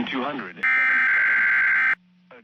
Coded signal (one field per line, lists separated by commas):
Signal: Emergency Alert System (SAME) tones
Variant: header bursts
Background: speech